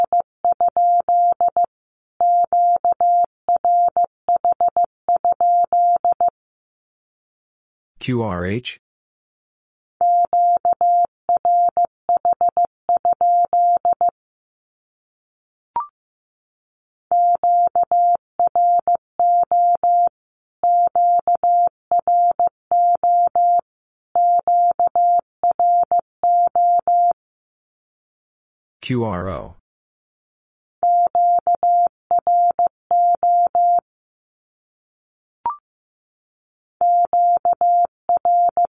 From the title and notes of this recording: Q-Codes Repeated 3x 15wpm. First, the Q-code is sent in Morse code three times as either a statement or a question.